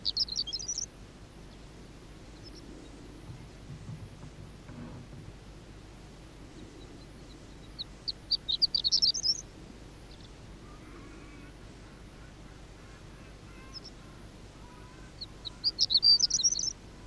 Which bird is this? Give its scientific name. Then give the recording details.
Eremophila alpestris. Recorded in the wild. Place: Wüste Gobi, MN. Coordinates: 42.795, 105.032. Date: 1979-06-01 05:45. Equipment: Nagra III BH, Sennheiser MD 21, parabola. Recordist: Schubert, Michael. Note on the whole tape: Ohrenlerche, Rufe und Bodengesang, sehr leise (~40m)